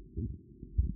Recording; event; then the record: neck accelerometer signal played as sound; no cough (speech, laughter, throat clearing or background)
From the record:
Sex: male